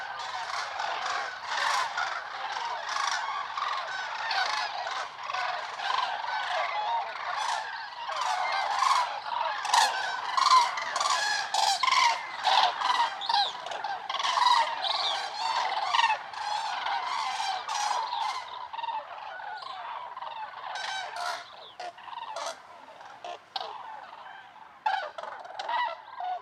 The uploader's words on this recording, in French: Novembre - Lac du Der - Sonothèque naturophonia - Nagra Seven _ Mkh8020 stereo. Les grues cendrées ( Grus grus) sont arrivées pour une étape sur les réservoirs Seine, Aube et Marnes de l'Est de la France.